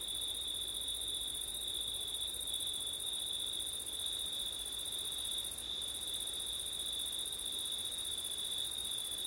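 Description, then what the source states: A dense cricket chorus trills at a constant high pitch, with a thin higher shimmer and a low, steady wind rush. Crickets on a September night, with wind, recorded with an ORTF stereo microphone setup.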